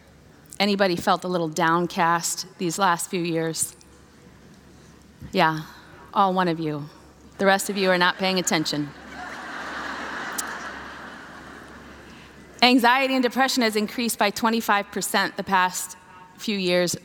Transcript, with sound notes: Has anybody felt a little downcast these last few years? Yeah... all one of you. The rest of you are not paying attention. (laughter) Anxiety and depression have increased by twenty-five percent the past few years.